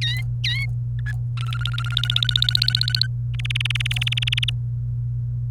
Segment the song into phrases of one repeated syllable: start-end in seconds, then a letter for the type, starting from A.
0.01-0.65 A, 0.99-1.12 B, 1.37-3.07 C, 3.34-4.50 D